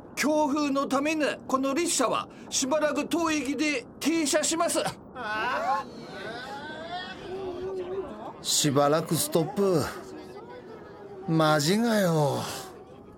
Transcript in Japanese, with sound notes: 強風のためにこの列車はしばらく当駅で停車しまーす。
（乗客たちのざわめき） しばらくストップ？マジかよう…